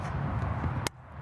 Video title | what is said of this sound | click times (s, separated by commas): 2026 Renegade Verona 40VBH Super C Built For Towing | Locks into place. | 0.9 s